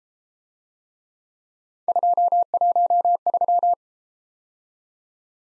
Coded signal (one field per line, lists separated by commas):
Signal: Morse code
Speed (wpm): 34 wpm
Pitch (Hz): 700 Hz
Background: none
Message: 213